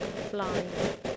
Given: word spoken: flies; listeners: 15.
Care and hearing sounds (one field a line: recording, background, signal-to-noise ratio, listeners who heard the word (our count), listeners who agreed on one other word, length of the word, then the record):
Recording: one English word in noise, from a listening test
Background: noise modulated by three-talker babble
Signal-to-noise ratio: -4.5 dB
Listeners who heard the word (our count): 1 of 15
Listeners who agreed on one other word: 11 of 15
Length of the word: 0.76 s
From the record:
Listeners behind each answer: 11, 1, 1, 1, 1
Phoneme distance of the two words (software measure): 7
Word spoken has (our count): 1 syllable, 4 phonemes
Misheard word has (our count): 1 syllable, 3 phonemes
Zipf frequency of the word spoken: 4.17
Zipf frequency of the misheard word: 4.90